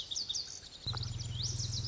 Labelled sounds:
Lazuli Bunting

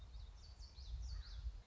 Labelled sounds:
Common Yellowthroat

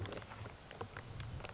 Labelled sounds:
Grasshopper Sparrow

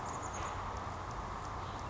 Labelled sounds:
Chestnut-backed Chickadee

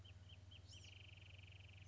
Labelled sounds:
Wrentit

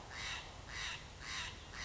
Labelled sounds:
Steller's Jay

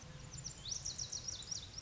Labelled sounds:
Lazuli Bunting

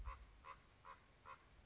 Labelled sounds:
Common Raven

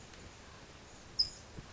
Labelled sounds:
California Towhee

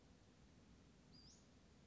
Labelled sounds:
Western Flycatcher

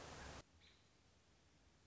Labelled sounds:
American Robin

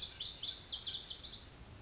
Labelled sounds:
Lazuli Bunting

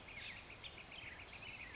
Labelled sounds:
Black-headed Grosbeak

